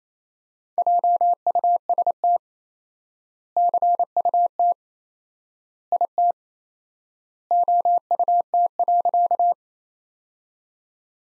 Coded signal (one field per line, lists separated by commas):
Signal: Morse code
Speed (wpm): 28 wpm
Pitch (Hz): 700 Hz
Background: none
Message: JUST CUT IT OUT.